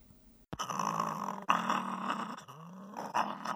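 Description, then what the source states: Swift fox giving a low, rough, harmonic rumble in several bursts that swell and fade over a few seconds. Live-trapped, trying to sound intimidating.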